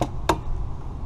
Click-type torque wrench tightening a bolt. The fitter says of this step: till it clicks like that. When it clicks, then you know it's at the right setting.